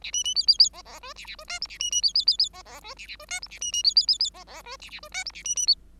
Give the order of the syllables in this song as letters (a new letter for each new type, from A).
A B B C C C D D E A A E F G A B B C C C C D D E A A E F G A B B C C C C D D E A A E F G A B B C